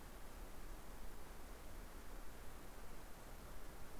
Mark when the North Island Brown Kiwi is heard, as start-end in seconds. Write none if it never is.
none